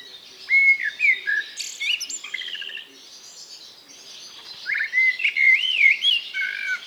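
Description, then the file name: Eurasian blackbird delivering clear whistled phrases that swoop up and down, in two bursts separated by a quieter pause. "Turdus merula"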